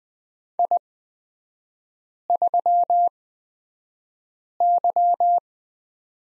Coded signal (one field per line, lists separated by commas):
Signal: Morse code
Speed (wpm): 20 wpm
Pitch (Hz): 700 Hz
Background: none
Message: I3Y